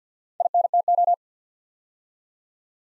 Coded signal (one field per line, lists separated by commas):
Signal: Morse code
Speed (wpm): 48 wpm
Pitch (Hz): 700 Hz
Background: none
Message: INTO